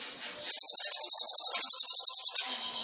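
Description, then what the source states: Sunbird giving a fast, high, buzzy trill of about twenty even notes lasting two seconds over a noisy background. Masteran for cage songbirds, full song with fills (isian) and bursts (tembakan), described as gacor, used as a lure (pancingan).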